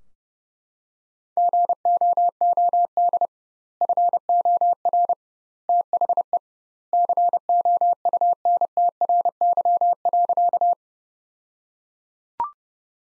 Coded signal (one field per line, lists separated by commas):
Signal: Morse code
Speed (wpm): 30 wpm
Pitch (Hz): 700 Hz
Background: none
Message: GOOD FOR THE COUNTRY.